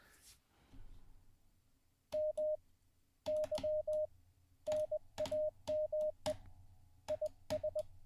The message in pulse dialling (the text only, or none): none